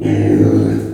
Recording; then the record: squeal of a Yucatan mini pig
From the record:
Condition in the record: before surgery on the right vocal fold (resection and tissue-engineered implant); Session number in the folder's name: 3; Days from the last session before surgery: 0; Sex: female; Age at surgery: 19 weeks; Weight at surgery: 25 kg